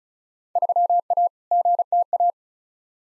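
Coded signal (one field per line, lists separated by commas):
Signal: Morse code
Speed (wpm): 34 wpm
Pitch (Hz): 700 Hz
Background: none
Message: 3A GTA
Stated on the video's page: Morse practice drill of simulated Field Day exchanges at 35 wpm, each sent, spoken, then sent again.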